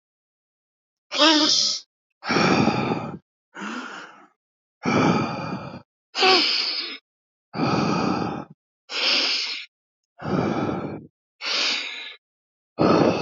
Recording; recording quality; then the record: deep breathing; excellent, no background noise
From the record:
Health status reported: healthy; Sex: male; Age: 26 years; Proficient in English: yes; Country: India